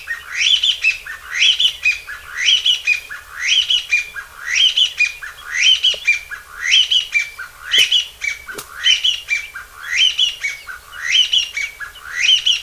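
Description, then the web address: Chinese bamboo partridge, a long, regular chain of loud rising squawking phrases, a few faint clicks in the background. "sikioto birds kojyukei"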